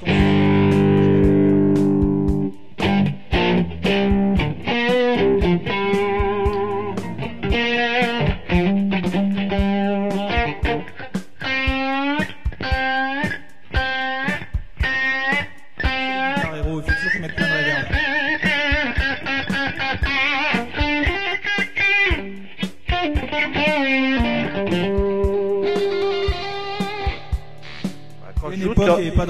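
Electric guitar notes picked one by one with a plectrum through an amplifier, each sharp attack ringing out in quick melodic runs with a slightly gritty, driven tone, played alone for about half a minute.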